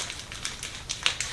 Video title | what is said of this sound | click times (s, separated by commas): Bag Change and Different Ostomy Supplies | So it just snaps | 0.9 s, 1.1 s